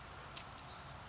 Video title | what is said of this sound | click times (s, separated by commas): Replacing Rear Brakes, E-Brake Shoes, and Wheel Bearing 92-01 Toyota Camry | and then you twist it and it locks in place. | 0.4 s, 0.6 s